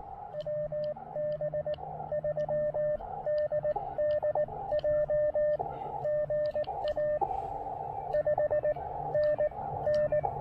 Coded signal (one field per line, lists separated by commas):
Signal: Morse code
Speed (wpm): 18 wpm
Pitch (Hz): 590 Hz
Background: radio noise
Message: WB3DDJ GA 5NN